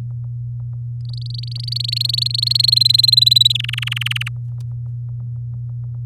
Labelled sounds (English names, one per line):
Domestic Canary song